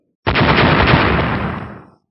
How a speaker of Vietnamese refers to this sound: Năm tiếng nổ trầm đục vang lên, hai tay tỏa những tia sáng vàng lưu chuyển của thanh niên giản dị sau khi đón đỡ ba móng vuốt nhọn hoắt thì vẫn bình an vô sự, nhưng hai cái cuối cùng thì lại đánh nát khí vàng hộ thể, cứng rắn đánh lên hai tay của gã.